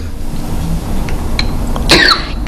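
A single brief, harsh cough burst from an adult near the end, over low room hum.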